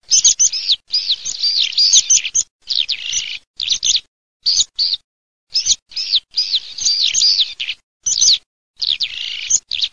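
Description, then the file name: Eurasian skylark song: a high, rapid, chirruping warble in bursts of varying length, separated by short silent breaks. "ALLODOLA"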